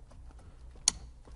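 An electric ignition switch on a Nissan Qashqai is pushed back onto the steering lock barrel housing. After a few faint light ticks, a single very sharp plastic click sounds at 0.9 s as the switch connector clicks home. The switch is seated.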